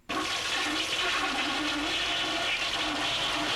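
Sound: toilet flushing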